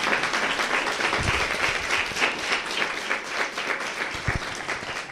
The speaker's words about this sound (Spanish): Bueno, compañeras, de verdad les pido un fuerte, fuerte aplauso para estas tres mujeres, para su lucidez, para…